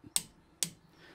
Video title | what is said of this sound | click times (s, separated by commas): Wera Click Torque C3 Adjustable Torque Wrench 1/2" drive | hopefully you can hear the click come through on camera | 0.2 s, 0.6 s